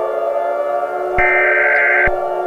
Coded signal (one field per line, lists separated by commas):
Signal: Emergency Alert System (SAME) tones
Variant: header bursts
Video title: EAS Scenario #7: Gray Goo.